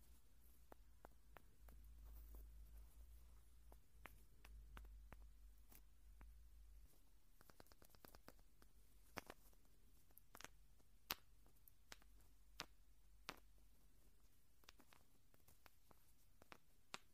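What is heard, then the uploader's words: Irregular crackles and sharp clicks from ear cleaning pop over a low rumble that fades after about seven seconds, with louder snaps later. Naturally Cleaning Your Ears. I am using natural materials found outside my home to bring you new tingly sounds!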